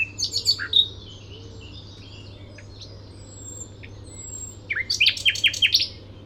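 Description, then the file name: Common nightingale song with bursts of sharp, rapidly repeated notes at the start and end, separated by a quieter stretch of thin whistles and faint song. "Luscinia megarhynchos"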